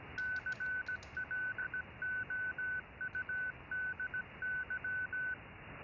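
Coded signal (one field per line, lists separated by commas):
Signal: Morse code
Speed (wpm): 17 wpm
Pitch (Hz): 1500 Hz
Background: none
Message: CLOUDY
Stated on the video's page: CW generated in FLDIGI software and transmitted with SDR Console and a Pluto SDR.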